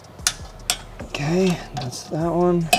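A click-type torque wrench tightens the E16 Torx caliper bracket bolt in the steering knuckle of a MINI Cooper (F54, F55, F56, F57, F60) brake job to 100 Nm. The wrench gives a sharp click at its setting at 0.3 s, then someone talks. The bolt is confirmed torqued and done.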